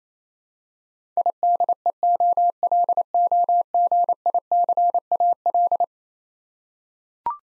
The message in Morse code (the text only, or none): IDEOLOGICAL